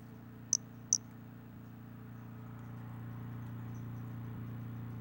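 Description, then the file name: White-lined pumpkin toadlet gives two quick, thin, high chirps in the first second, followed by quiet low hum and faint hiss. Individual 13; unvouchered specimen. "Brachycephalus albolineatus individual 13"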